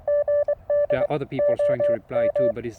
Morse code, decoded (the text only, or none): GDOM